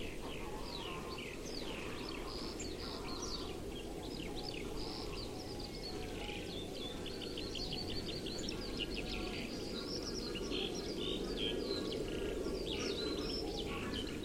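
Bird calls: many overlapping quick chirps and short trills from several birds, forming a lively chorus over constant low rumbling noise.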